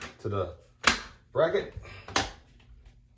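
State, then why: Seated. A plastic cover cap is pressed onto a metal TV wall-mount bracket over the screws while someone talks. It snaps into place with a sharp click at 2.2 s, hiding the screws, and faint small taps follow.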